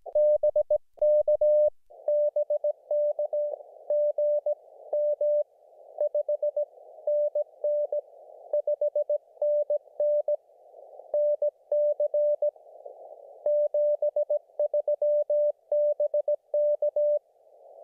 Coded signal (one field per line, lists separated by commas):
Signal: Morse code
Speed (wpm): 18 wpm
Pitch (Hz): 590 Hz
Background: none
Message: BK BK GM 5NN 5NN NC 73 BK